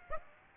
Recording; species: mosquito wingbeat signal from an infrared sensor; Aedes aegypti